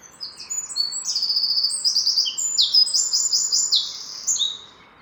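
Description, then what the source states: Birds singing a dense, high chorus of rapid trilled and buzzy phrases, notes overlapping in quick succession throughout. Birds recorded in the morning.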